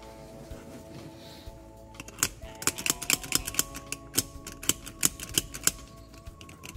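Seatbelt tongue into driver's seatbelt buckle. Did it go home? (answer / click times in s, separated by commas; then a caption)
no / none. A seatbelt tongue is pushed repeatedly into the driver's seatbelt buckle of a Fox Body Mustang, whose stuck release button keeps it from latching. A series of short, sharp plastic and metal clacks sounds over a steady low hum. Nothing has latched or clicked into place.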